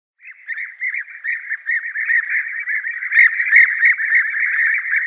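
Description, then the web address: European bee-eater calls: a dense, continuous stream of rolling, overlapping notes, growing louder toward the end. "Schulze Peter European Bee-eater"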